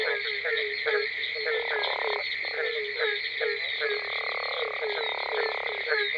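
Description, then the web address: Barking tree frog calls, repeated hollow barks from several frogs overlapping in a thick, steady chorus. "Dan Gibson Wildlife Identification By Sound, Eastern North America Pt 2. Barking Tree Frog"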